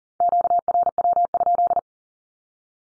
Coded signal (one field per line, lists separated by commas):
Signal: Morse code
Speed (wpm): 40 wpm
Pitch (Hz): 700 Hz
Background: none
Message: QRW?